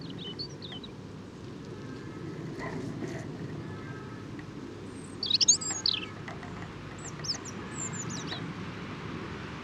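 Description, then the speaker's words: European Robin song: sparse, thin, high scratchy phrases, a louder warbled burst midway, over a steady low rumble. Subdued, almost continuous babbling song; three or four robins singing around each other, stimulating one another; edge of Bois de Vincennes near Charenton; rain, aircraft and car noise. "Donc chant très intéressant de rouge-gorge, en babille, en sourdine, et presque en continu."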